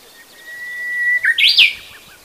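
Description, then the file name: Japanese bush warbler song with a drawn-out pure whistle, slightly rising, breaking into a loud, warbled flourish. "uguisu"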